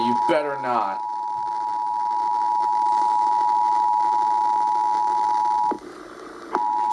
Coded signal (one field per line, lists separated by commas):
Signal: Emergency Alert System (SAME) tones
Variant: 853 and 960 Hz attention tone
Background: speech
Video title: HIGHS AND LOWS... EAS Alerts from 3/6/18 - 3/28/18 (EAS #849 - 860)